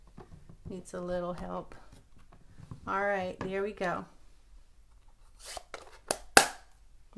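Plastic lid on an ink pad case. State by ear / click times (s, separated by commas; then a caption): seated / 6.4 s. A crafter closes the plastic lid of an ink pad case after inking a stamp. Someone talks at first, then a few soft handling sounds lead to a sharp snap at 6.4 seconds. The snap means the lid is closed all the way.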